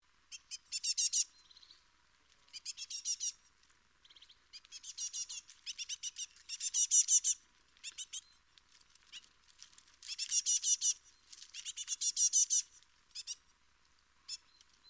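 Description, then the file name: Great tit calling in several fast, buzzy, chattering bursts of high, harsh notes, with short quiet gaps between them. "Parus major"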